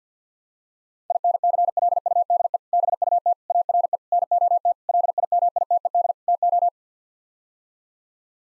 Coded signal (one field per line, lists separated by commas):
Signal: Morse code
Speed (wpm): 50 wpm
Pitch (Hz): 700 Hz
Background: none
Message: INCLUDE BUT ARE NOT LIMITED TO